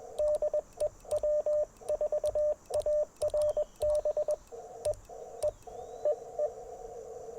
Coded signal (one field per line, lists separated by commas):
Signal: Morse code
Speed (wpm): 20 wpm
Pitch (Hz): 590 Hz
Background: radio noise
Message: DE W4ARB E E EE